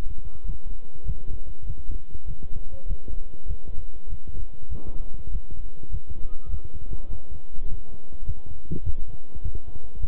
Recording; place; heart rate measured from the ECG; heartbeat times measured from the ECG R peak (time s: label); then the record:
heart sounds by stethoscope; between the tricuspid and mitral areas; 100 bpm
0.44 s: heartbeat
1.04 s: heartbeat
1.64 s: heartbeat
2.25 s: heartbeat
2.86 s: heartbeat
3.46 s: heartbeat
4.07 s: heartbeat
4.69 s: heartbeat
5.30 s: heartbeat
5.89 s: heartbeat
6.49 s: heartbeat
7.08 s: heartbeat
7.67 s: heartbeat
8.24 s: heartbeat
8.82 s: heartbeat
9.41 s: heartbeat
10.00 s: heartbeat
From the record:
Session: walking at 3.7 km/h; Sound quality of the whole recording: good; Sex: male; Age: 26 years